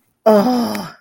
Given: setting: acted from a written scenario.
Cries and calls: vocal sound without words; realization

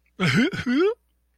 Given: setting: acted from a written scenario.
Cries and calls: vocal sound without words; embarrassment

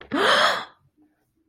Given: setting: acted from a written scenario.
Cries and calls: vocal sound without words; awe

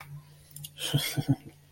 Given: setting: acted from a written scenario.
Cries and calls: vocal sound without words; triumph

